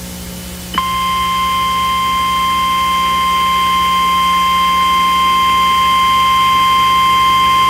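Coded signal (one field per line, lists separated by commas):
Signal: Emergency Alert System (SAME) tones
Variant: 853 and 960 Hz attention tone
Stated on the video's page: Fictional analog-horror EAS scenario made with Audacity and text-to-speech narration.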